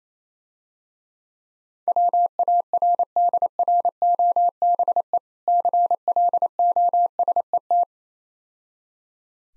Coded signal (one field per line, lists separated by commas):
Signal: Morse code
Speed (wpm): 28 wpm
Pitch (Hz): 700 Hz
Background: none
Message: WARDROBE CLOSET